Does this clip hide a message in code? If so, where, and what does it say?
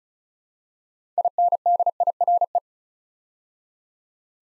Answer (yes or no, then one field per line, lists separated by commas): yes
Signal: Morse code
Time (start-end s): 1.2-2.6 s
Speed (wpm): 36 wpm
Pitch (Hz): 700 Hz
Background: none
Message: INDIRE